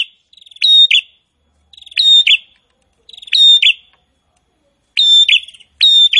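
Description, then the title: Prinia repeating a buzzy trilled phrase five times, each starting softly and ending in a strong chirp. Prinia song described as gacor (vigorous, nonstop singing). "Prenjak gacor"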